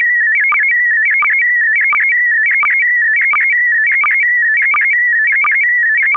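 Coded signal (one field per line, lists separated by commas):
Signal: SSTV (slow-scan television)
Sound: warbling tone jumping between pitches, with regular short low blips about every 0.7 seconds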